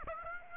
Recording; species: mosquito wingbeat signal from an infrared sensor; Aedes aegypti